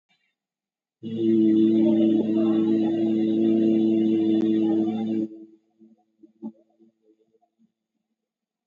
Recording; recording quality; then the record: sustained vowel as in beet; excellent, no background noise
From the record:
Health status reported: COVID-19 positive, mild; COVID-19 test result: positive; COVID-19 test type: RT-PCR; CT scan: not taken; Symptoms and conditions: cough, cold, hypertension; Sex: male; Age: 56 years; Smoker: no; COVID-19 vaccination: both doses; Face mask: worn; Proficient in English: yes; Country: India